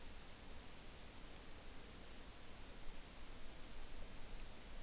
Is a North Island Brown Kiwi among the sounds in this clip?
no